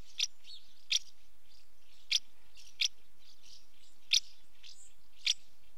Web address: BBC Sound Effects Library - Complete 60 CDs Collection. House Martin female calling at nest entrance